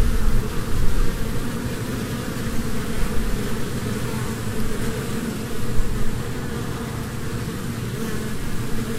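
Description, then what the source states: Honey bee swarm hum, a steady low buzzing drone with a few brief louder surges. Humming of a swarm from a beehive.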